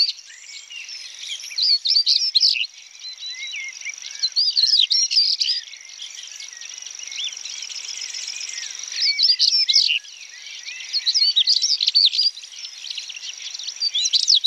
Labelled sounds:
European Stonechat (Saxicola rubicola) song
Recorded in the wild
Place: Freiburg im Breisgau / Rieselfeld, Baden-Württemberg, DE
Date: 1996-05-31
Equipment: Dat-Recorder Casio DA 7, Telinga DAT, Telinga-Parabolspiegel
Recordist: Schwarz, Dieter

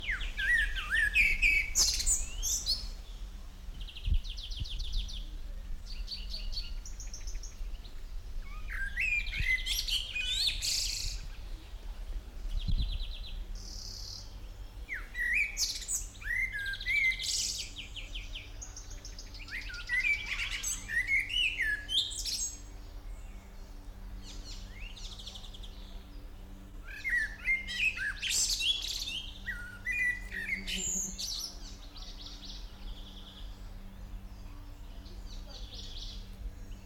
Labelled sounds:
Common Blackbird (Turdus merula)
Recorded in the wild
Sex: male
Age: adult
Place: Kremmen, Brandenburg, DE
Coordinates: 52.76, 13.03
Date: 1995-06-03 15:40
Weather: heiter, 18-20°C
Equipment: Marantz CP 430, Sennheiser ME 80, Kopie Uher 4000 Report Monitor
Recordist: Tembrock, Günter

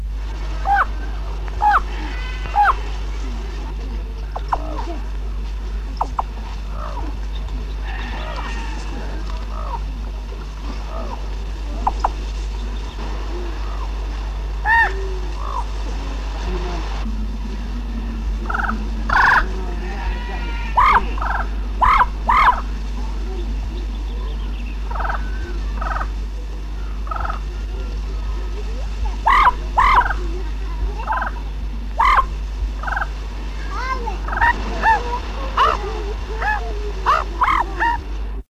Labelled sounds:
Fan-tailed Raven (Corvus rhipidurus) call
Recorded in the wild
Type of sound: call
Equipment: Halbspur, 9,5 cm/s
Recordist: Lütgens, Hans
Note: Geplauder, aufgenommen in ostafrikanischen Dorf

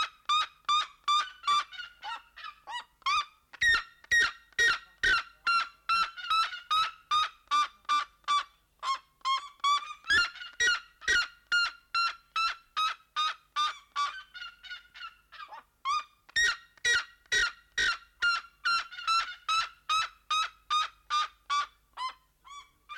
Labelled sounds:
Black-legged Seriema (Chunga burmeisteri) call
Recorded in captivity
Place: Zoo Berlin, Berlin, DE
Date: 1992-08-01 11:55
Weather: sonnig, 24-26°C
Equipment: Marantz CP 430, Sennheiser ME 80, Kopie Tesla B 116
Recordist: Tembrock, Günter

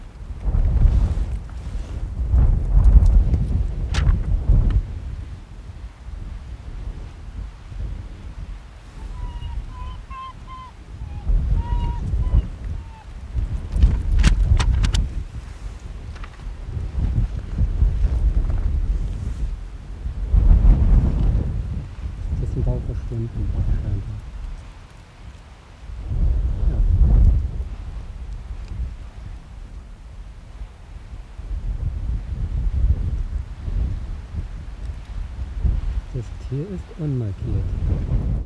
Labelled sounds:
Arctic Fox (Vulpes lagopus)
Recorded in the wild
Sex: male
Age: adult
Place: Insel Mednyi, Kommandeur-Inseln, RU
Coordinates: 54.5167, 168.083
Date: 1999-07-01 18:12
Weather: starker Westwind, 10°C
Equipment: Sony WM-D6C, Sennheiser MKH 70, Windkorb, Kopie Sony TCD-D8
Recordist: Frommolt, Karl-Heinz
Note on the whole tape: Südosten der Halbinsel, "Karlshöhle": zwei Bellstrophen eines unmarkierten Polarfuchsrüden. Tier geht dann kurzzeitig in den Bau und winselt dabei. Entfernung 40 m

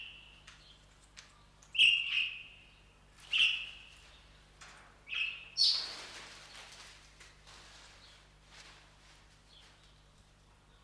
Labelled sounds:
Golden-breasted Starling (Lamprotornis regius)
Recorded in captivity
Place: Zoo Berlin, Berlin, DE
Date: 1995-03-04 11:20
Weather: heiter bis wolkig, 1 - 5°C
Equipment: Marantz CP 130, Sennheiser ME 80, Kopie Uher Variocord 263
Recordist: Tembrock, Günter

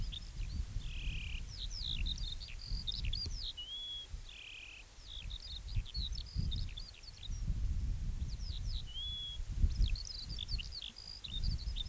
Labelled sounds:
Eurasian Skylark (Alauda arvensis) song
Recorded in the wild
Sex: male
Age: adult
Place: Köppchensee (Fließtal), NSG Fließtal, Berlin, DE
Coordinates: 52.6231, 13.3747
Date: 1996-07-14 18:08
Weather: overcast, gusty wind
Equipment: Sony MD-WM MZ-R3, Sennheiser MKH 416 T, Kopie Uher 4000 Report Monitor
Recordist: Tembrock, Günter

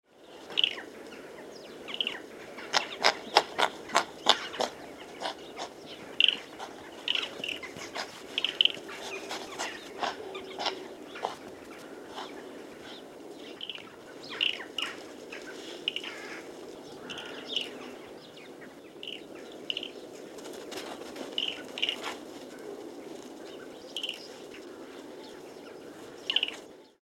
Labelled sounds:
Chinese Water Deer (Hydropotes inermis)
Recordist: Tembrock, Günter
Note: "Trillernde" Laute beim Sichjagen, einmal auch Folge von Schnauflauten

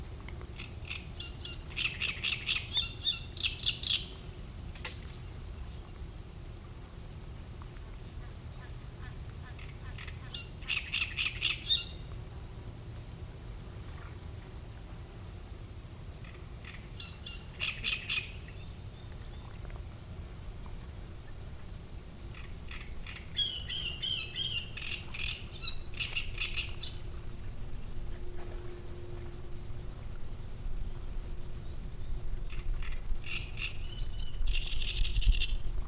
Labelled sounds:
Great Reed Warbler (Acrocephalus arundinaceus)
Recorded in the wild
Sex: male
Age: adult
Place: Müggelsee, Berlin, DE
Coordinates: 52.43, 13.64
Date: 1990-05-01 17:45
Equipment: Uher 4400 Report Monitor, Sennheiser ME 80, K 30 AV
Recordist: Fischer, Stefan

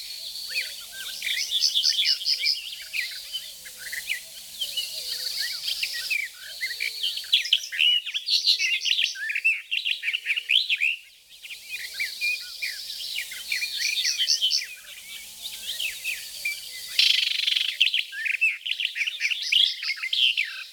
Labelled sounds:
Barred Warbler (Sylvia nisoria) song
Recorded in the wild
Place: Flögelner See, Baden-Württemberg, DE
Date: 1985-05-24
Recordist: Schwarz, Dieter
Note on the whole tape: Song

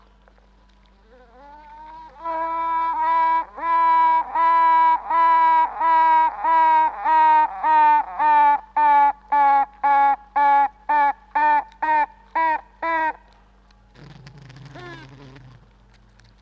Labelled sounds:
Honey Bee (Apis mellifera)
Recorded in captivity
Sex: female
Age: imago
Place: Zoologisches Institut der HUB, Berlin, DE
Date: 1964-06-16 18:30
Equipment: BG 26/1, Grundig-Mikrofon
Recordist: Tembrock, Günter
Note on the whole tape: "Tüten" vornehmlich von einer Königin. Ca. 2 bis 3 Tage alt, in Weichselkästchen mit einigen Arbeiterinnen. Mehrere Kästchen stehen nebeneinander. Mitunter auch andere Königinnen zu hören (verschiedene Klangfarbe). Abstand ca. 5 cm. Zimmer 32

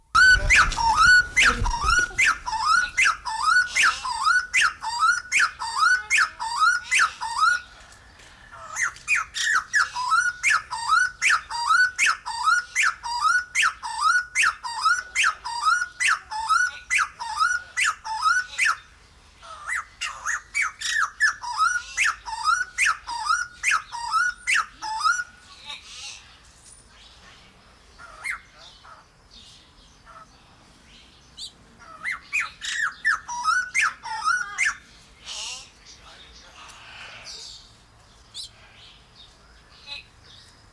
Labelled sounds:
White-crested Laughingthrush (Garrulax leucolophus) call
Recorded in captivity
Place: Zoo Halle, Sachsen-Anhalt, DE
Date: 1996-03-08 16:20
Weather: sonnig, 3°C
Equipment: Sony WM-D6C, Sennheiser ME 80, Kopie Uher 4000 Report Monitor
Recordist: Tembrock, Günter
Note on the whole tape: Rufreihe

